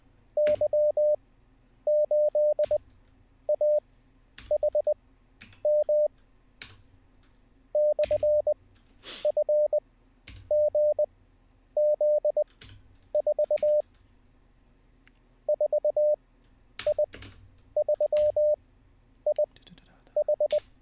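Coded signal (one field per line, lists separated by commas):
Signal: Morse code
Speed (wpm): 20 wpm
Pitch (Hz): 600 Hz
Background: none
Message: Y8AHM /FGZ4 4I3IH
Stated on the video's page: Morse code learning session, day 20, streamed live.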